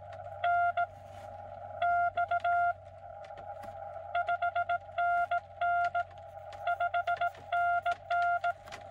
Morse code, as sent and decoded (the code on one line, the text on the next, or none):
-. / -..- / ..... -. -. / ..... -. -.
N X 5NN 5NN